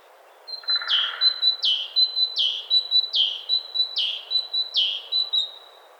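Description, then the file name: Great tit delivering a steady series of two-part phrases, a high whistle dropping to a lower note, about six repeats; a short soft buzz at the start. "Parus major"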